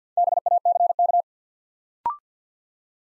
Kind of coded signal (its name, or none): Morse code